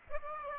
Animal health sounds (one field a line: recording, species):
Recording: mosquito wingbeat signal from an infrared sensor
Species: Aedes aegypti